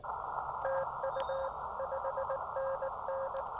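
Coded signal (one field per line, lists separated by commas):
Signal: Morse code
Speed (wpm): 19 wpm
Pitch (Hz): 540 Hz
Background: none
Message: TU 5NN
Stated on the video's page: Summit activation on an Elecraft KX2 with a PackTenna 9:1 antenna, contacts with four countries and eight states.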